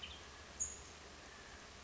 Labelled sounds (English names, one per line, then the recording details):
Western Tanager
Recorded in Sonoma County, California